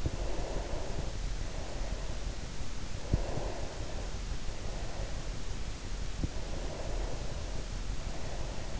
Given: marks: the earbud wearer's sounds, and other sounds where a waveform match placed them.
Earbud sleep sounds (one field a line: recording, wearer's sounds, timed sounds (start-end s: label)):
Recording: sounds in sleep by an in-ear microphone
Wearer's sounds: breath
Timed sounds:
0.10-2.43 s: breath
2.95-5.81 s: breath
6.33-8.80 s: breath